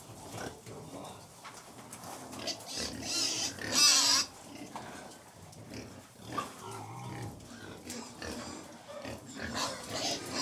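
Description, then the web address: Domestic pigs feeding, with noisy snuffling, chomping and grunting in uneven bursts, a louder, harsher burst near the middle, and a steady rustle underneath. A hundred pigs feeding; livestock. "The BBC Sound Effects Library. Pigs Feeding"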